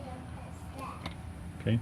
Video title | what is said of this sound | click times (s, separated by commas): 2011 F250 Powerstroke Fuel Filter Change | it should click into place | 1.1 s